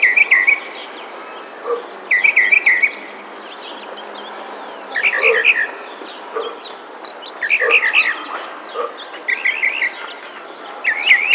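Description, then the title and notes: Tropical mockingbird singing varied phrases of repeated chirpy notes in bursts with pauses between. Singing in spring in a neighbourhood park in San Cristóbal de Las Casas, Chiapas, May 2021. "Cenzontle tropical que canta en primavera mientras alguien que hace ejercicio pasa a lo lejos en el parque de una colonia en San Cristóbal de Las Casas, Chiapas. Mayo 2021"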